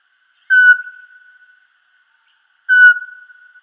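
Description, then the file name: Eurasian pygmy owl call, two clear, short whistled notes on one pitch, spaced a little over two seconds apart, each trailing off into faint ringing. "Sychik vorobinyj"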